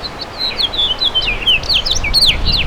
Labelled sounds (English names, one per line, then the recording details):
House Finch song
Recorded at East Hampton on Long Island, New York, on 15 June 2013
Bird A